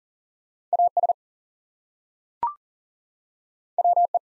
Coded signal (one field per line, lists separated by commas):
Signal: Morse code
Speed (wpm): 40 wpm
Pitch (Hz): 700 Hz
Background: none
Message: AS WE